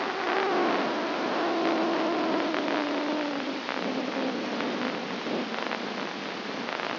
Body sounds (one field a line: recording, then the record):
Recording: brain microelectrode recording played as sound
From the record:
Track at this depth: inside the subthalamic nucleus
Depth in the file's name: 3.327 mm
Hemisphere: left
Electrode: 3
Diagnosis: Parkinson's disease